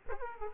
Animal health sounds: mosquito wingbeat signal from an infrared sensor; Aedes aegypti

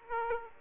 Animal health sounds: mosquito wingbeat signal from an infrared sensor; Aedes aegypti

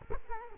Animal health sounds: mosquito wingbeat signal from an infrared sensor; Culex quinquefasciatus

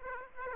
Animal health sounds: mosquito wingbeat signal from an infrared sensor; Aedes aegypti

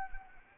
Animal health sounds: mosquito wingbeat signal from an infrared sensor; Anopheles arabiensis

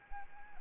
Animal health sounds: mosquito wingbeat signal from an infrared sensor; Anopheles arabiensis

